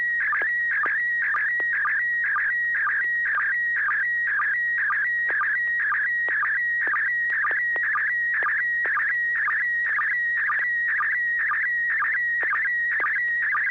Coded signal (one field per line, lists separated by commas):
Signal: SSTV (slow-scan television)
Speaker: joel were you able to copy this photo from neil